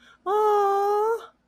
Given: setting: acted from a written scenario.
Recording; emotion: vocal sound without words; positive surprise